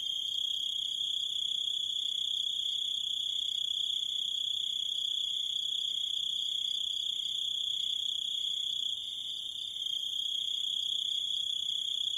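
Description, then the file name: Unbroken, shrill grasshopper trill holding one high pitch, with a short quieter stretch shortly before the end. "zvuki kuznechika"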